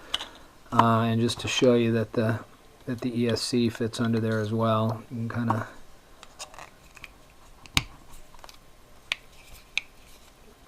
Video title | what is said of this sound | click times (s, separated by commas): Mini Drak Nacelle | snap everything in place | 7.8 s, 9.1 s, 9.8 s